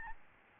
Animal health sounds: mosquito wingbeat signal from an infrared sensor; Aedes albopictus

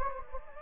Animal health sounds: mosquito wingbeat signal from an infrared sensor; Anopheles gambiae

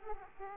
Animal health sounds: mosquito wingbeat signal from an infrared sensor; Aedes aegypti

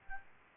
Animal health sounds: mosquito wingbeat signal from an infrared sensor; Aedes albopictus

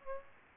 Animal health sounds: mosquito wingbeat signal from an infrared sensor; Aedes aegypti

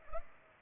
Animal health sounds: mosquito wingbeat signal from an infrared sensor; Culex pipiens

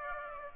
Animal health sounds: mosquito wingbeat signal from an infrared sensor; Aedes aegypti

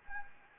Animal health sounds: mosquito wingbeat signal from an infrared sensor; Anopheles gambiae

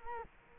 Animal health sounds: mosquito wingbeat signal from an infrared sensor; Culex quinquefasciatus

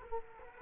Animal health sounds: mosquito wingbeat signal from an infrared sensor; Culex quinquefasciatus

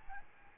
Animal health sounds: mosquito wingbeat signal from an infrared sensor; Aedes albopictus

